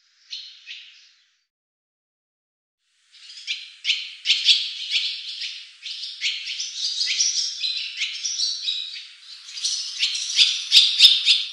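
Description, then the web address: Barn swallow twittering: a brief burst of chirps, a pause, then a long run of fast, scratchy chirps and warbled notes growing louder toward the end. "cianscape birddata Deverinetal 2025"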